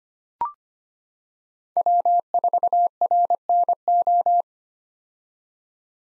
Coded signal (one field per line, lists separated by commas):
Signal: Morse code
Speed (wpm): 25 wpm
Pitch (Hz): 700 Hz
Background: none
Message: W4RNO